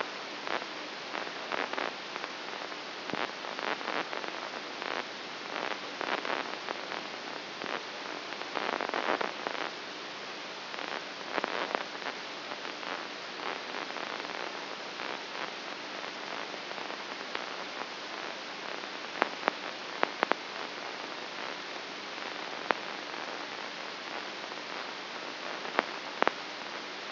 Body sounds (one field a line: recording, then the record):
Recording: brain microelectrode recording played as sound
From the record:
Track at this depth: inside the subthalamic nucleus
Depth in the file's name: 1.84 mm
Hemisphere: right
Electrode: 2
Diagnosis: Parkinson's disease